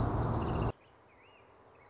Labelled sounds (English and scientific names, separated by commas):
Orange-crowned Warbler (Leiothlypis celata)